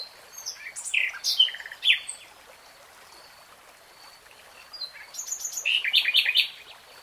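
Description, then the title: Nightingale song: varied phrases of buzzy notes and sharp whistles, a quiet gap, then a rapid chattering trill; faint high whistles in the background. Nightingale singing in real time. "[Tiếng chim hót] 3 Hours REALTIME Nightingale Singing"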